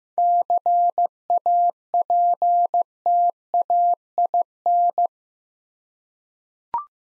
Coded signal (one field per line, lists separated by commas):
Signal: Morse code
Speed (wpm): 15 wpm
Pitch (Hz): 700 Hz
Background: none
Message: CAPTAIN